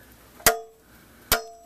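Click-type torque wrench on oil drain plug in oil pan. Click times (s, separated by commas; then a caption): 0.5 s, 1.3 s. A click-type torque wrench set to 33 ft-lb tightens a steel oil drain plug into the aluminum oil pan of a Honda van, with the torque kept low so the plug is not put in too hard and stripped. Two sharp, bright clicks ring out at 0.5 s and 1.3 s, each with a short metallic ring over a quiet background. The wrench clicks at its setting, confirming the set torque has been reached.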